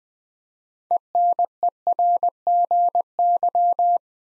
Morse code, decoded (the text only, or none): ENERGY